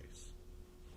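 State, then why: Not seated. A steel live center is handled at the cleaned Morse taper of a lathe tailstock, being slid in to lock. Only a quiet, steady low hum with a faint tone and soft high hiss is heard, with a slight soft bump at about 0.0 s. Nothing has seated or clicked yet.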